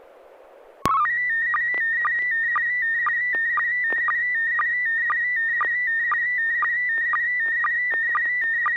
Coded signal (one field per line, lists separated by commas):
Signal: SSTV (slow-scan television)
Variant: PD 120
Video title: N6NA SSTV Net - 11/03/2021